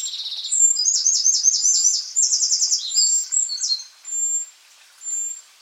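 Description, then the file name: Eurasian wren singing a fast, high, tinkling song of rattling trills and sharp notes for about four seconds, followed by two thin high notes. "Troglodytes troglodytes"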